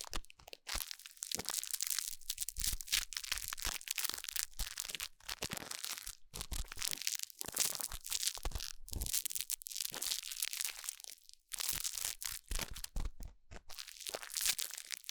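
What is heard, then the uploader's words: Ear cleaning sounds: dense, continuous crackling and rustling scrapes with sharp bright crunches, brief pauses near six and eleven seconds. 台灣ASMR | 雙胞胎幫你掏耳朵 | Twins Ear Cleaning| NO Talking.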